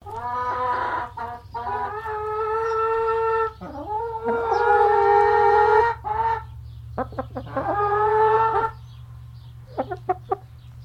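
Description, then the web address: Chicken hen giving long, drawn-out nasal calls mixed with short clucks, several sustained phrases followed by scattered brief clucks, over a steady low hum. Brown Highliner hen, long clucking. "Sound Effects-Foundation 1 BIRD CHICKEN HIGHLINER BROWN CLUCK LONG"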